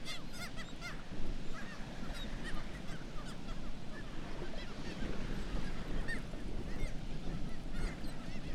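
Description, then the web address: Black-legged kittiwakes crying repeatedly, bursts of nasal notes from many birds, over a steady low rumble. "sound Black-legged-kittiwake. صدای-پرنده-کاکایی-پاسیاه"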